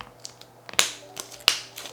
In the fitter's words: and I've heard those satisfying clicks so it's now nicely in place